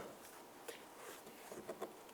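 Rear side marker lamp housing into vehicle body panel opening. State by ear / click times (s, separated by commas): not seated / none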